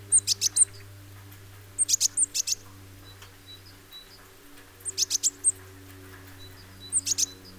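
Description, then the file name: Great tit calls, four clusters of brisk high clicks with a thin whistle, spaced irregularly, accompanied by a low droning hum throughout. "Parus major"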